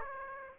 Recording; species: mosquito wingbeat signal from an infrared sensor; Aedes aegypti